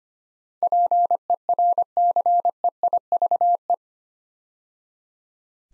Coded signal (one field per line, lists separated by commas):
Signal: Morse code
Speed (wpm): 25 wpm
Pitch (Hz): 700 Hz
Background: none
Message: PERCEIVE